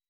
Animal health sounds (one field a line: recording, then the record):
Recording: hydrophone in a shrimp aquaculture tank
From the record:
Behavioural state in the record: weakened